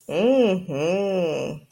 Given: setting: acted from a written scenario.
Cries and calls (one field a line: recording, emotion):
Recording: vocal sound without words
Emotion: pride